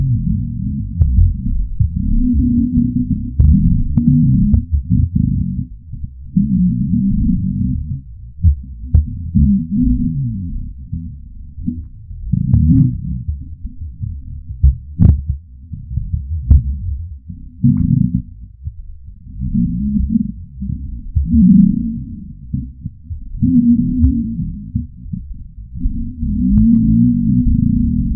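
Deep, low-pitched rumbling grumbles of an adult's stomach that swell and fade in waves over about half a minute, broken by a few faint clicks and gurgles. These are intense hunger moans: stomach growls (borborygmi), ordinary sounds of gas and fluid moving through an empty gut.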